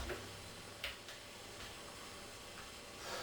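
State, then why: Not seated. On a Jing Gong M4A1 Para airsoft replica rifle, the folding metal stock catch is swung into place against the receiver mechanism without first lifting the catch. A single knock is heard at about 0.8 s over a quiet background hiss. It is a knock, not a lock, and nothing has locked in yet.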